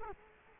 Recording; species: mosquito wingbeat signal from an infrared sensor; Culex quinquefasciatus